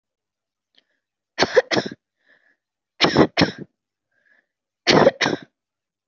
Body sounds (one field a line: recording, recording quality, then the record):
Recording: shallow voluntary cough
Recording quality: excellent, no background noise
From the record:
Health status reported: healthy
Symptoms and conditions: none ticked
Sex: female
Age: 27 years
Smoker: not ticked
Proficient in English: yes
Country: India